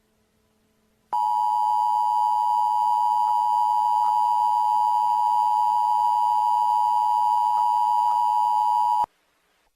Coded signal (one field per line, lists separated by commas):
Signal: Emergency Alert System (SAME) tones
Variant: 853 and 960 Hz attention tone